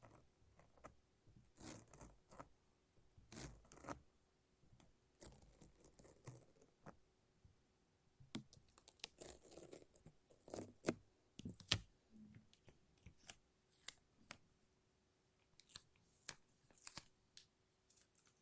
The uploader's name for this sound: Satisfying Sticky Sounds (Lint Roller and Tape)